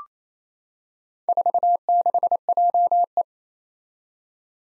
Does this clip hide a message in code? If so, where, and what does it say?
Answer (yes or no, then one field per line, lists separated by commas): yes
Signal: Morse code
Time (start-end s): 1.3-3.2 s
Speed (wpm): 29 wpm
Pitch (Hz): 700 Hz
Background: none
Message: 46JE